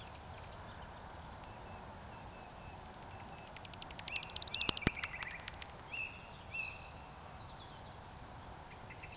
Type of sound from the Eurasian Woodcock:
whistle